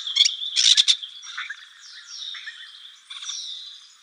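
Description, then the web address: Spotless starling calling with harsh buzzy bursts and a thin sustained whistle, followed by softer slurred whistles and a scratchy chatter near the end. "Schulze Peter Spotless Starling calls"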